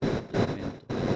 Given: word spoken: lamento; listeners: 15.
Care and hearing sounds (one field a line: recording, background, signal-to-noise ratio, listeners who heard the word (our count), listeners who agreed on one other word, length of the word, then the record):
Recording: one Spanish word in noise, from a listening test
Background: noise modulated by one talker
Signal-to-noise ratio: -12.3 dB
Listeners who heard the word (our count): 1 of 15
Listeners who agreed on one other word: 7 of 15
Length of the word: 0.76 s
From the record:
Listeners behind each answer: 7, 2, 1, 1, 1, 1, 1, 1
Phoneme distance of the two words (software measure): 27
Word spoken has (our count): 3 syllables, 7 phonemes, stress on syllable 2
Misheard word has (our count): 3 syllables, 8 phonemes, stress on syllable 2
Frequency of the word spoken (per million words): 7.79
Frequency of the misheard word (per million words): 3.86